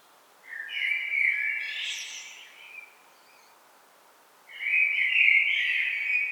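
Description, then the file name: Common blackbird song, two separate phrases: a rich low fluting warble rising into a brief high scratchy flourish, then after a silent gap of a second or two, another warble. "Turdus merula"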